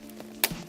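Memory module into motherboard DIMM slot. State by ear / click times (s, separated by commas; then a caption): seated / 0.4 s. A memory stick, lined up with its notch, is pressed with both thumbs into a motherboard DIMM slot. A sharp click at 0.4 s is heard as the latches snap shut and the RAM module seats. Softer taps come just before it.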